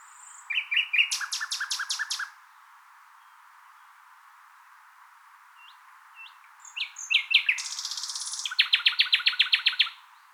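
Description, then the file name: Common nightingale song: a rapid string of sharp repeated notes, silence, then varied chirps and a buzzy rush followed by a fast rattling series. "Luscinia megarhynchos"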